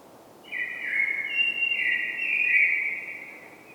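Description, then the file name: Common blackbird song: a long, mellow fluted phrase. Steady whistled notes hold and shift slightly in pitch for about three seconds over faint background hiss. "Turdus merula"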